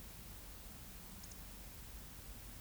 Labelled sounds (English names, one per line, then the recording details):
Eurasian Woodcock whistle
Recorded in Baden-Württemberg, Germany, on 10 May 2021 at 19:43 UTC
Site 24606, 635 m above sea level